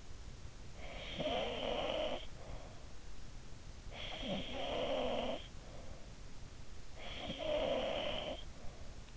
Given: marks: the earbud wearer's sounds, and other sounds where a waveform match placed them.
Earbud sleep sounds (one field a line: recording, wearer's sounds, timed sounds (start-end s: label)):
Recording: sounds in sleep by an in-ear microphone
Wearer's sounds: snoring breath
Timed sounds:
0.32-3.09 s: snoring breath
3.41-5.95 s: snoring breath
6.50-9.17 s: snoring breath